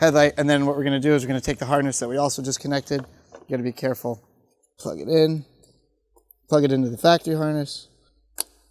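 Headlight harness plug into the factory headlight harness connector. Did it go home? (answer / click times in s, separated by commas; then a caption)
yes / 8.4 s. A headlight wiring harness plug on a Morimoto XRGB and Hybrid EVO headlight for a Nissan 370Z is pushed into the car's factory harness connector, a plastic electrical plug, while someone talks. A single sharp click is heard at 8.4 s as the connector seats.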